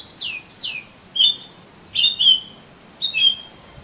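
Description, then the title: Oriental magpie-robin song: two descending whistles followed by several flat whistled notes, with brief pauses between. "Kacer Kacer"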